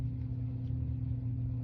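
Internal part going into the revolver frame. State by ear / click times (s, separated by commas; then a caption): not seated / none. An internal part of a Taurus Model 85 revolver is worked by hand toward its seat in the metal frame during reassembly. Only a steady low hum and rumble is heard, with no sharp sounds. Nothing has seated or clicked yet by the end of the clip.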